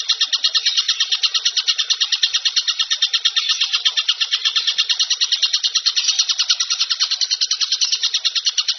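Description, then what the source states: Bird song: continuous rapid, high, scratchy chirps with steady loudness. Masteran bird-song compilation, described as the most complete.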